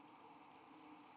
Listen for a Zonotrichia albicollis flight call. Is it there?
no